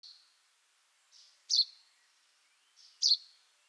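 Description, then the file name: Common chaffinch uttering two loud, clipped high calls about a second and a half apart, each preceded by a fainter softer note. "Fringilla coelebs"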